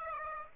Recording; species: mosquito wingbeat signal from an infrared sensor; Aedes aegypti